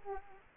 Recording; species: mosquito wingbeat signal from an infrared sensor; Aedes aegypti